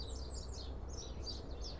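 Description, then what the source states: House sparrows chirping in a few sharp, slightly sliding notes against a low, steady background hum. House sparrows heard in a garden.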